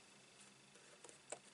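While a card is re-run through a die-cutting machine because it did not cut all the way through, the die and plates are lined up again. Two faint ticks sound around 1.0–1.1 s, then an unspecified part of the die-cutting setup clicks back into place with a small, sharp tick at 1.3 s, confirmed seated.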